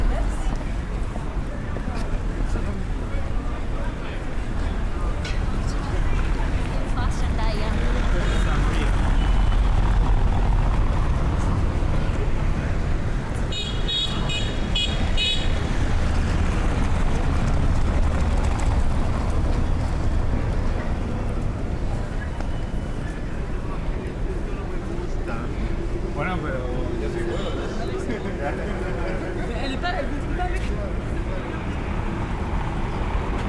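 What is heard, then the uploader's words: Busy Saturday-night street crowd with voices over a steady low traffic rumble, plus brief bright clatter around fifteen seconds. Soho at night | London. A bustling binaural walk through London's Soho. Londoners and tourists fill the streets, bars and clubs on a Saturday night.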